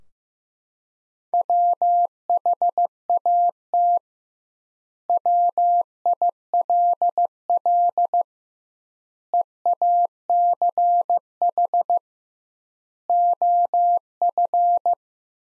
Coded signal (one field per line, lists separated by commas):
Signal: Morse code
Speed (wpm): 15 wpm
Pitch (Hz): 700 Hz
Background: none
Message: WHAT WILL EACH OF